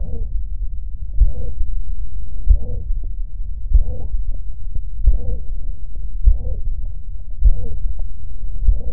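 Regular heart sounds, about 49 beats a minute, heard by stethoscope at the mitral area in an adult lying supine.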